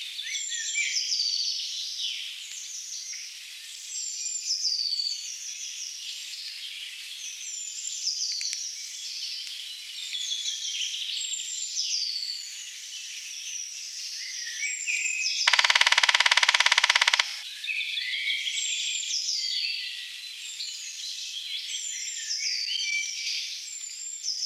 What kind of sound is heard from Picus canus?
song